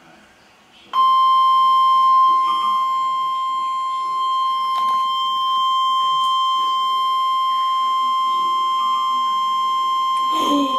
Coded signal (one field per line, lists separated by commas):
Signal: Emergency Alert System (SAME) tones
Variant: 1050 Hz attention tone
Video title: EAS Alert #335-338 (SVR & 3 Tornado Warnings, including a Tornado Emergency)